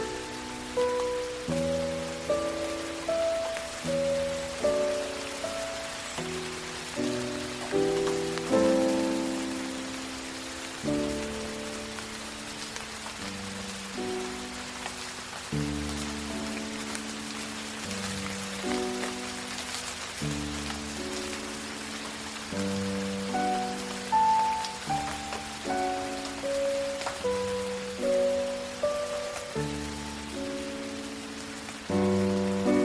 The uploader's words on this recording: Rain And Classical Piano Music. Falling rain mixed with the beautiful piano tones. Backyard Rain. Rain Through The Trees.